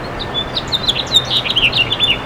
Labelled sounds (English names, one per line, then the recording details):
House Finch song
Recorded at Port Washington on Long Island, New York, on 22 May 2013
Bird A